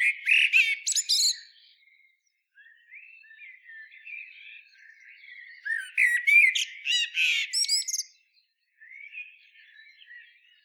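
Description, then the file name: Common blackbird song in bursts: a shrill twittering phrase, a long stretch of soft warbling, then a second loud twittering outburst with sharp high notes. "Turdus merula"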